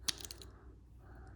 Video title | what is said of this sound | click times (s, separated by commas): Solo’s Hold Rebel Orphan (Ezra Bridger) LightSaber installed with Goth 3D Master Chassis | and you will just see how it just just clicks right in | 0.1 s